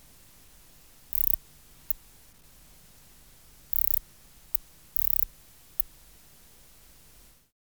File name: Ancistrura nigrovittata